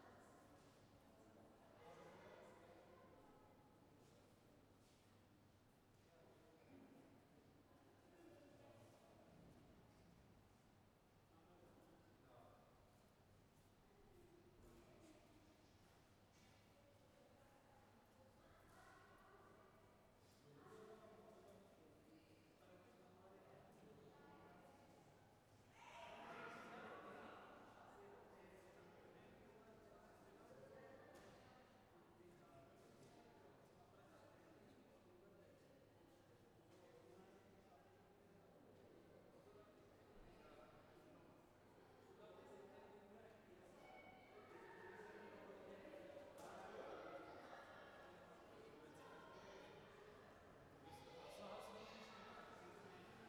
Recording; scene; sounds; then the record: everyday scene through a hearing-aid microphone; reverberant space; background noise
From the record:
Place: railway station hall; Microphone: behind the ear, left, front